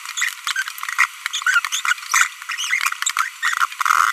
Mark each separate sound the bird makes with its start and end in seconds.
0.17-0.33, 0.47-0.52, 0.56-0.62, 0.99-1.05, 1.47-1.59, 1.73-1.79, 1.85-1.93, 2.12-2.27, 2.59-2.66